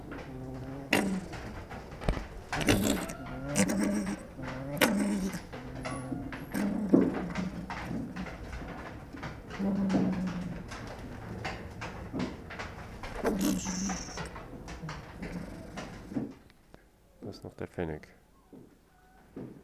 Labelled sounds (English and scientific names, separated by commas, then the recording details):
Fennec Fox (Vulpes zerda)
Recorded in captivity
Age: adult
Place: Tierpark Berlin, Berlin, DE
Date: 1966-12-11 13:00
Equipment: R 20/1, GDM 121
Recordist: Tembrock, Günter